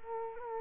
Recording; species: mosquito wingbeat signal from an infrared sensor; Culex quinquefasciatus